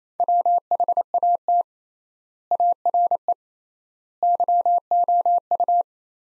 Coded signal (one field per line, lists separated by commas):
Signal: Morse code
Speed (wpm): 28 wpm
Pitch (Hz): 700 Hz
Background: none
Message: WHAT ARE YOU